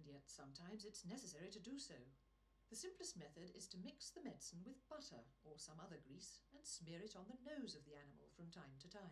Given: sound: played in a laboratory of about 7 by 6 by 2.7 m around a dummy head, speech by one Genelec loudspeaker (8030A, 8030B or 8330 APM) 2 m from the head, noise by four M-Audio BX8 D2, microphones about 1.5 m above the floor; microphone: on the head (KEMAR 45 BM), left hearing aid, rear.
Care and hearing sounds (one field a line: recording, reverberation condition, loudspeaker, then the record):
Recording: female speech in English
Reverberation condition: low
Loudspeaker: behind (180 degrees)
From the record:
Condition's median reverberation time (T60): about 310 ms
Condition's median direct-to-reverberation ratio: about 3.5 dB